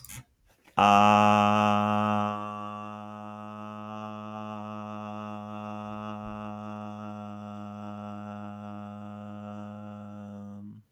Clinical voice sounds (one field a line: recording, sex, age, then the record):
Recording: vowel held as long as possible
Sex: male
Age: 20 to 29 years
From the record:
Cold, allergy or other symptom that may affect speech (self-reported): no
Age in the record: 23 years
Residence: North Carolina, United States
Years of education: 13